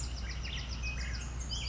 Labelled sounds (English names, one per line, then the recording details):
Bewick's Wren
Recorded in Sonoma County, California